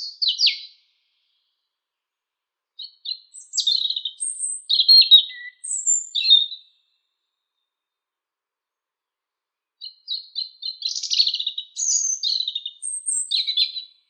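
Birds sing around the school in bright, chirpy bursts: one brief at the start, then phrases from about 3 to 6.5 and 10 to 14 seconds.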